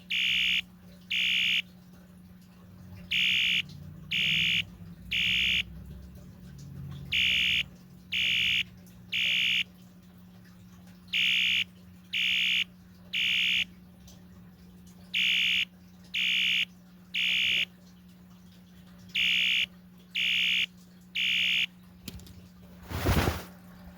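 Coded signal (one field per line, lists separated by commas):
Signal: alarm pattern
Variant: electronic fire horn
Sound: harsh electronic horn sounding three half-second blasts, pause, repeating about eight times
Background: low electrical hum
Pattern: temporal three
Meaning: Temporal three pattern signals fire evacuation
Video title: 1985 Wheelock ES-DL1-WS-24DC Temporal Code 3 Fire Alarm Sound Effect - DUSMC vs System Sensor MDL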